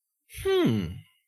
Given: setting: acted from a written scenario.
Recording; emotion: vocal sound without words; interest